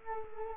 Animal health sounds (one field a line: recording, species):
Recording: mosquito wingbeat signal from an infrared sensor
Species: Culex quinquefasciatus